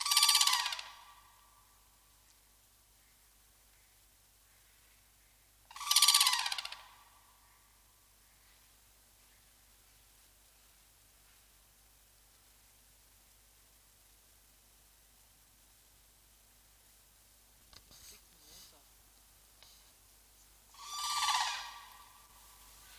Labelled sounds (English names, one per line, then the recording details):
Red-crowned Crane call
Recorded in captivity
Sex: pair
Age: adult
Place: Tiergarten Nürnberg, Bayern, DE
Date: 1998-11-12 18:00
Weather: bedeckt, ca. 1°C
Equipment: Sony MD-WM MZ-R3, Sennheiser MKH 416 T, Kopie Uher 4000 Report Monitor
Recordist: Tembrock, Günter